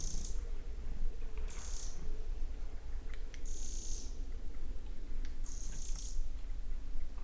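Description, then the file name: Eurasian wren giving four short, high, buzzy churrs with faint clicks over a persistent deep background rumble. "Troglodytes troglodytes"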